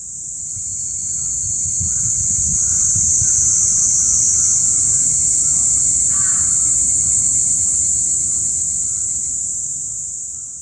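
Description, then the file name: Evening cicada chorus, a loud steady high-pitched ringing that swells and then fades, with a few faint crow caws and low rumbling underneath. Recorded 9 July 2018. "20180709 higurasi"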